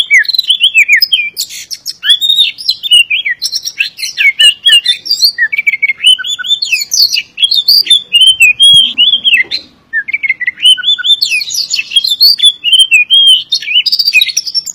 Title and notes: suara kacer. kumpulan suara burung kacer